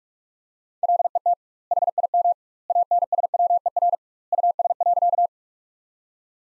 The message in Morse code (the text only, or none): LET HIM ANSWER US.